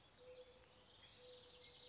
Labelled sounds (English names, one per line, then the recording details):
Mourning Dove
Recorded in Sonoma County, California